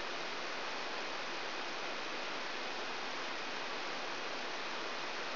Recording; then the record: brain microelectrode recording played as sound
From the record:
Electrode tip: outside the subthalamic nucleus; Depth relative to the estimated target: 3 mm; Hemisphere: left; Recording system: AlphaMap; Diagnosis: Parkinson's disease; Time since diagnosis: 12 years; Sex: female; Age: 56 years